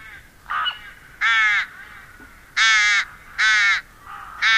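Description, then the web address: Rook giving harsh, grating caws, four loud bursts spaced about a second apart with fainter croaks between them. "agykontroll Madardalok Cd 2. Vetési varjú"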